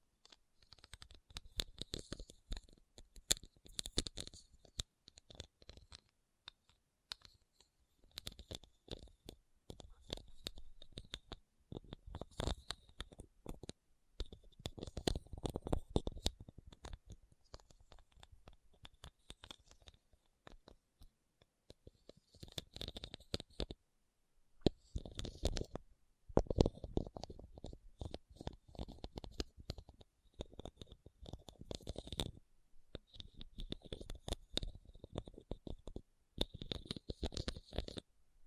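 Rhinestones are tapped and scratched in dense, uneven bursts of quick clicks and rasping strokes, with a glittery bright edge and some low thumps. The activity comes in clusters separated by brief pauses, notably around 5, 14, 24 and 33 seconds.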